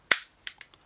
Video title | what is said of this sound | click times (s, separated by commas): BRAVA Metro RA Series Knob Set – Lock Demo & Install Tips by Dr Lock Shop | We're going to aim that for the drop-in key that retains the knob. You hear it click. | 0.1 s